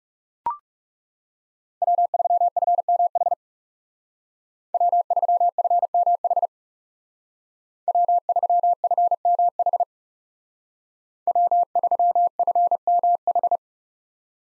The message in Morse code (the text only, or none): W3FMH W3FMH W3FMH W3FMH